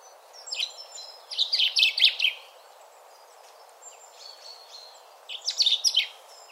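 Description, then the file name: Common chaffinch singing two short, fast, jangling phrases several seconds apart, with thin whistled notes between them. "Fringilla coelebs"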